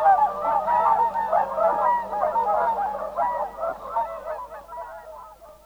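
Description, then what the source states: Whooper Swans giving loud honking, bugling calls from several birds at once, overlapping continuously and slowly fading toward the end. Field recording from the Swedish cassette Fågelsjön, Sweden.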